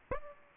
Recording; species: mosquito wingbeat signal from an infrared sensor; Aedes aegypti